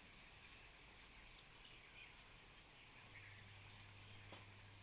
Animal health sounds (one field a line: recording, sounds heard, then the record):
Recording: poultry house recording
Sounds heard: healthy chickens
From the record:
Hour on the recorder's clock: 14